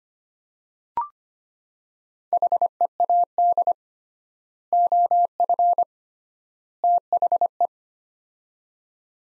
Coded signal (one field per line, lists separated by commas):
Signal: Morse code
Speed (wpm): 25 wpm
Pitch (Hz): 700 Hz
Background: none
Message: HEAD OF THE